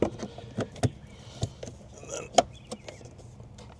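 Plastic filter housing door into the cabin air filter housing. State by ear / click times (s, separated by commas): seated / 2.4 s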